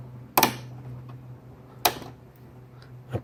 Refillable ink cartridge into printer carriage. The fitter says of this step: I'm going to push this down till hear it click